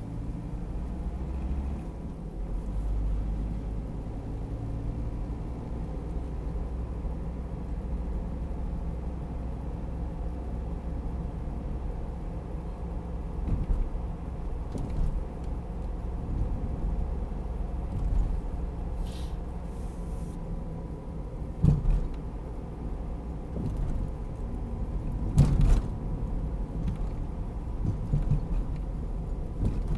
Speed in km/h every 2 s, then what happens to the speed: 36, 39, 44, 46, 47, 47, 48, 48, 48, 48, 44, 44, 44, 43, 40.
0-5 speeds up to 46. 5-18 steady at about 48. 18-30 slows to 40.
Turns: none.